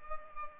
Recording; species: mosquito wingbeat signal from an infrared sensor; Culex pipiens